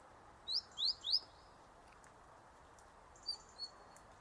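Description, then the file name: Great tit calling, a fast trio of upswept chirps followed after a pause by two thin, high, short notes; low background hiss throughout. "Parus major"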